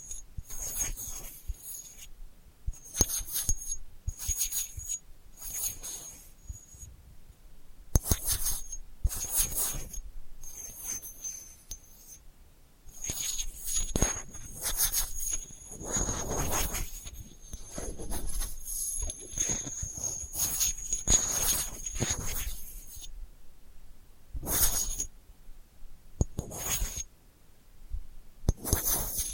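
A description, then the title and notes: Delicate scratching comes in short, crisp bursts of bright, hissy rasping, separated by brief silences, with a longer stretch of continuous scratching from about 13 to 23 seconds. A thin high whine runs through many of the bursts. The bursts arrive irregularly throughout. ASMR Delicate Scratching for Sleep (No Talking).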